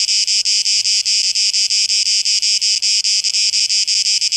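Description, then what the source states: Cicada song in rapid throbbing pulses, a harsh high buzz repeating in quick succession. Cicadas recorded 12 August 2023; tape echo mix.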